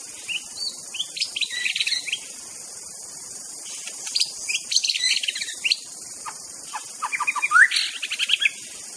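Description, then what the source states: White-rumped shama song, scattered short whistled notes and chattering phrases ending in a quick run of rising notes, beneath a steady insect drone. Wild bird in forest; original natural song.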